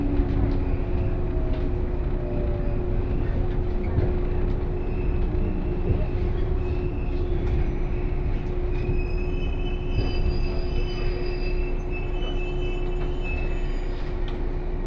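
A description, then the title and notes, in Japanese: A Kosei Line local train, a 117 series, rumbles steadily from Kyoto toward Ono, with a constant low hum and faint high wheel squeals after ten seconds. 湖西線普通 京都→小野 117系。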